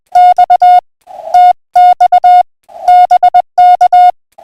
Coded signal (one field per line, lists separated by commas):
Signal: Morse code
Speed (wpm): 20 wpm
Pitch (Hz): 720 Hz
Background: none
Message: X TX BK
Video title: Saturday Evening Pota Hunt -5-23-2026